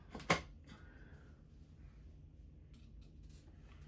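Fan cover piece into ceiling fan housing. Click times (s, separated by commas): 0.3 s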